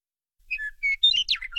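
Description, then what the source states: Western meadowlark song: a short run of clear, fluty whistled notes followed by a warbled, descending flourish. Resides in much of Colorado year-round; often heard before seen; calls from tall, open perches such as fence posts in open fields, road signs along rural highways or high grass stalks.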